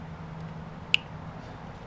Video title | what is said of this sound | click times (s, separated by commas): How to Change Spark Plugs on a 2011 Ninja 250 | make sure it clicks or the the | 0.9 s